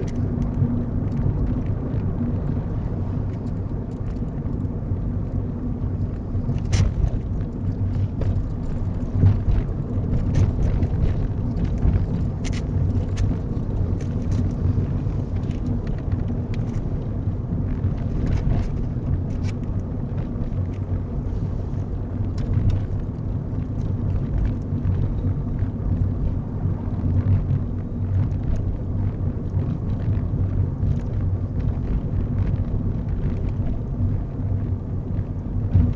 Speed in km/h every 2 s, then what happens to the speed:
44, 42, 39, 35, 37, 37, 37, 37, 37, 39, 39, 35, 35, 35, 35, 37, 37, 35.
0-6 slows to 35. 6-36 steady at about 37.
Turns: none.